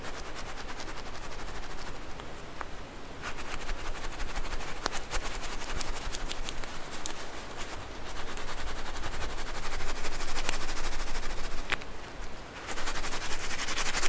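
Squishy stress balls are squeezed, giving a dense, rapid crackling and popping that runs the whole time. The sound swells in bursts, easing briefly near three, eight and twelve seconds before picking up again, with sharp brighter snaps scattered throughout.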